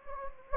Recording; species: mosquito wingbeat signal from an infrared sensor; Anopheles gambiae